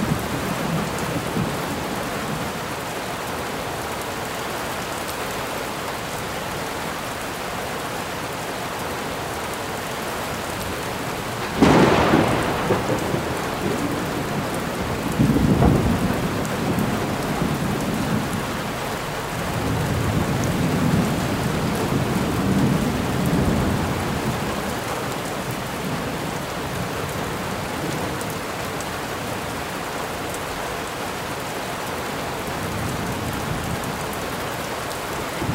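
Steady rain patters on pavement while thunder cracks near twelve seconds, then rolls low and distant through the middle before the rain continues alone.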